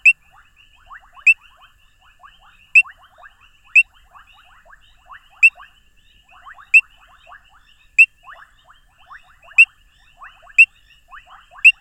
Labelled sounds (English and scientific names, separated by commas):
Painted Reed Frog (Hyperolius marmoratus) call